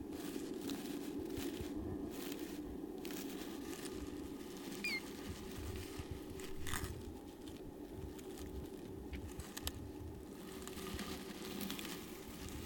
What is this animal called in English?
Hazel Dormouse